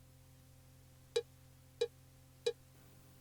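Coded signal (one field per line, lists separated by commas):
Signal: none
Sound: answering machine beeps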